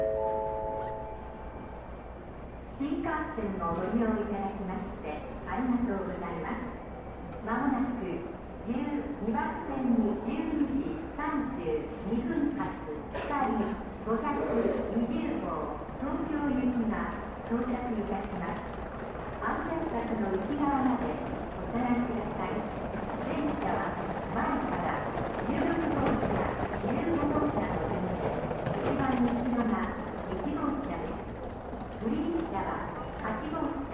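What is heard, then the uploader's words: Train station ambience in Japan, with continuous overlapping chatter from people talking throughout. Brief tonal chimes sound at the start, and a steady low hum runs underneath. Scattered clicks and light footsteps punctuate the crowd noise, which stays fairly even in level. TRAIN STATION IN JAPAN AMBIENCE.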